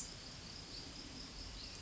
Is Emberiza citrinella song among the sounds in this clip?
no